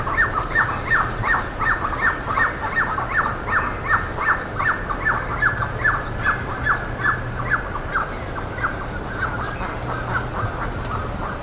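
Bird calls, a clear sharp note repeated about two to three times a second in a steady run, with high twittering chirps above and a low background drone.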